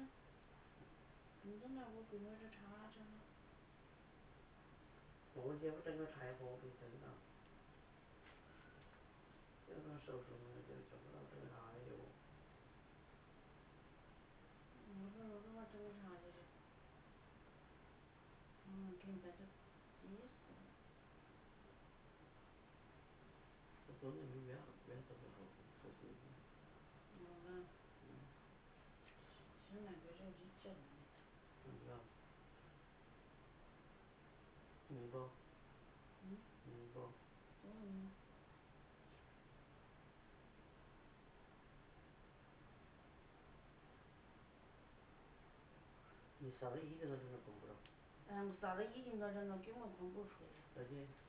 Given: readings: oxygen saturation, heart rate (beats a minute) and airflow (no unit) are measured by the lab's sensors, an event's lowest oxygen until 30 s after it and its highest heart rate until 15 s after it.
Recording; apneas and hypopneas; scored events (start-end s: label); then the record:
a person awake in a sleep study, by a voice recorder at the bedside; none
0.00-51.29 s: awake
0.00-51.29 s: awake
From the record:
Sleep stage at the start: awake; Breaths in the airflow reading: 19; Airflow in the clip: -0.8 to 0.8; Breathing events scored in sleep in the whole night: 328 in 6.3 hours asleep